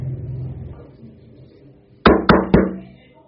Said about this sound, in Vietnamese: Bỗng có tiếng gõ cửa. Từ lúc món cuối cùng được đưa lên, cánh cửa phòng riêng vẫn luôn đóng kín, nhân viên phục vụ cũng không vào lần nào.